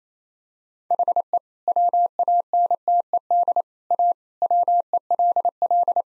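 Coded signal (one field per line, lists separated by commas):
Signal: Morse code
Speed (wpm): 28 wpm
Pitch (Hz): 700 Hz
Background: none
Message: HE WANTED A WELL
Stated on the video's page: Morse practice set of all-age jokes at 28 wpm using contextual priming.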